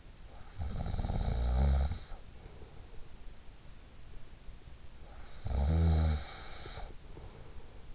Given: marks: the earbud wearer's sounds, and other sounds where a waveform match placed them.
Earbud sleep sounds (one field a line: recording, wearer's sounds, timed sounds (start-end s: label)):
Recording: sounds in sleep by an in-ear microphone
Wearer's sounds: snoring breath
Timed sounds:
0.47-2.96 s: snoring breath
4.88-7.95 s: snoring breath